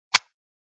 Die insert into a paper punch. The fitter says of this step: when it clicks it stays